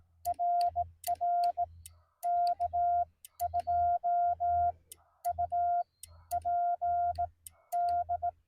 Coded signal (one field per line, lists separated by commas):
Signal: Morse code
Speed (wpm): 19 wpm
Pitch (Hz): 700 Hz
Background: none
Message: RR K2UPD